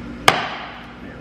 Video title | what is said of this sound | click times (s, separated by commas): How To REMOVE, DISASSEMBLE, & PLASTI DIP JEEP JL Grill & Headlight Surround | know you get them actually to lock down in the clip so if they're kind of snap into place go | 0.3 s